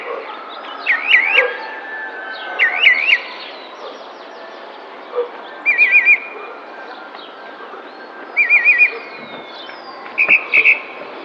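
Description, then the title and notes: Tropical mockingbird singing varied phrases: zigzag warbled notes, then short rapid trills, each phrase set apart by quiet gaps. Sings in spring in a neighbourhood park in San Cristóbal de Las Casas, Chiapas, May 2021. "Cenzontle tropical que canta en primavera mientras alguien que hace ejercicio pasa a lo lejos en el parque de una colonia en San Cristóbal de Las Casas, Chiapas. Mayo 2021"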